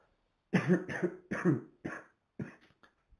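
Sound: man coughing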